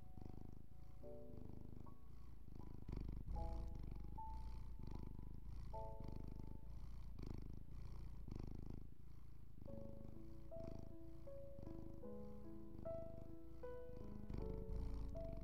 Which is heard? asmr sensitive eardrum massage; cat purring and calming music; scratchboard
cat purring and calming music